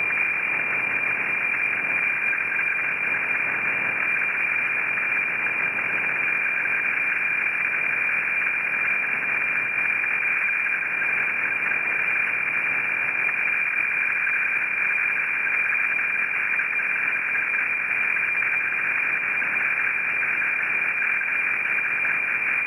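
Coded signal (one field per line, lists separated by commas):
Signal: weather fax (radiofax)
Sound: steady buzzing warble between 1.5 and 2.3 kHz, rhythmic ticking twice a second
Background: radio static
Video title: WeFax Valparaiso. Playa Ancha Punta Arenas Chile. 17. 144 Khz. Copiado En Buenos Aires. Argentina.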